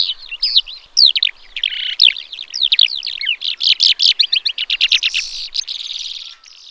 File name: Melanocorhypha calandra